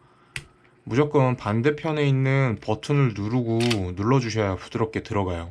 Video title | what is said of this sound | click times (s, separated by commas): 『1.대한민국』 세계여행 떠나는 사람의 배낭 속엔 무엇이?! | 가볍게 그냥 밀어 주시면 되요 그럼 딸깍 소리가 나잖아요 그 다음부터 안 밀립니다 | 0.4 s